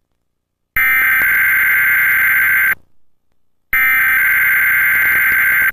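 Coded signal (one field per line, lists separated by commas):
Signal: Emergency Alert System (SAME) tones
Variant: header bursts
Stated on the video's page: EAS alert relayed over Comcast cable.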